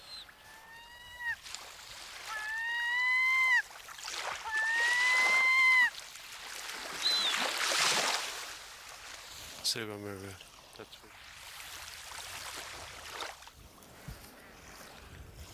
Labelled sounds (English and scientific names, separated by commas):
Black-headed Gull (Chroicocephalus ridibundus) call